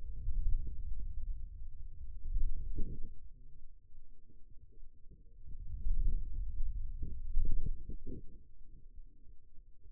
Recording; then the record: forearm muscle sounds (acoustic myography)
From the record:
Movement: hand closing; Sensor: system 2, bracelet of six BSWA MPA416 microphones around the upper forearm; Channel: 3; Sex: male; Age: 22 years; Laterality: right